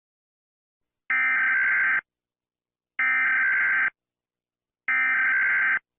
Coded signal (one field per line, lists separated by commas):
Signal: Emergency Alert System (SAME) tones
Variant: header bursts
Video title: EAS Scenario - Shockwave (Strange Matter Apocalypse)